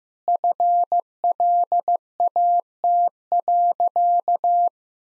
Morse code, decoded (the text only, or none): FLAT.